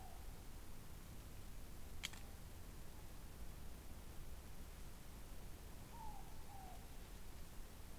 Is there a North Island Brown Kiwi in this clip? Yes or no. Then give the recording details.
no. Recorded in New Zealand on 14 December 2015. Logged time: 00:43. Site CG68